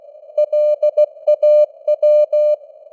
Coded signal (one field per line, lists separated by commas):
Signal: Morse code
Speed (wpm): 16 wpm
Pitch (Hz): 600 Hz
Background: none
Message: LAW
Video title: Morse Code News | 2025-12-19 | 16wpm